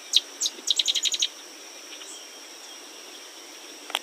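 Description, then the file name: Sedge wren giving a burst of dry, high chips that speed into a short stuttering rattle, then a long pause and one final chip. "Sedge Wren - Cistothorus stellaris"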